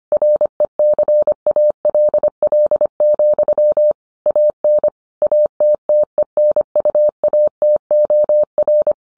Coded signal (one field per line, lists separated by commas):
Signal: Morse code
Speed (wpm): 25 wpm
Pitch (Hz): 600 Hz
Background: none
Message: RECALL, AN ATTENUATOR